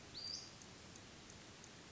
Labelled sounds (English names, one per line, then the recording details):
Western Flycatcher
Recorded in Sonoma County, California